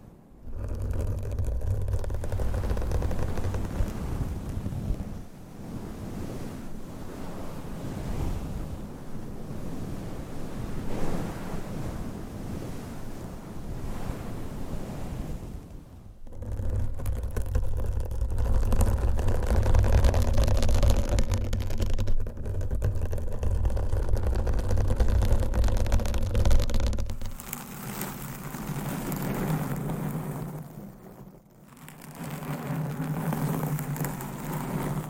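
Continuous scratching and rubbing against the microphone, dense and rough like rushing surf, with a low rumbling thump underneath. Brief pauses break it near 16, 22 and 31 seconds, and after about 27 seconds the texture turns lighter and hissier.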